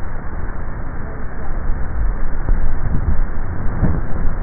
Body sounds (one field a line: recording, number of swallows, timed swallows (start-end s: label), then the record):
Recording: swallowing sounds by neck microphone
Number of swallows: 1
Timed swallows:
2.15-3.42 s: swallow
From the record:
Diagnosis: dysphagia